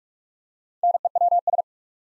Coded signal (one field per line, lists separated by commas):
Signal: Morse code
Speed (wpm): 44 wpm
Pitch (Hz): 700 Hz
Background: none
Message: NEWS